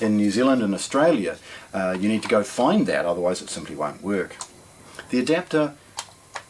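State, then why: Seated. Someone talks as a regional plug adapter, found in a small bag at the bottom of the packaging, is pushed onto the plastic 15V power supply of a Pro-Ject Debut EVO 2 turntable. Two sharp clicks at 6.0 s and 6.4 s mark it snapping firmly into place, seated, with a release button and arrows provided for removing it.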